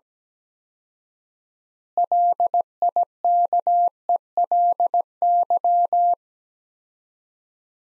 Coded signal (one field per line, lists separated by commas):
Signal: Morse code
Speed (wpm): 17 wpm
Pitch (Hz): 700 Hz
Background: none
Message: LIKELY